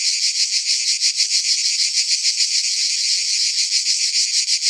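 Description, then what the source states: Cicadas droning together, a loud shrill buzz that pulses rapidly and evenly, unbroken for the whole stretch. Several cicadas together.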